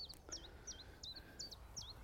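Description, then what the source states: Common Chiffchaff song: several quick high notes, each a short sweeping slur, over faint background noise. Heard on a spring walk; bird just returned from wintering, mostly in the Iberian Peninsula, lately also in England and the Netherlands; song likened to calling its own name, tjiftjaf.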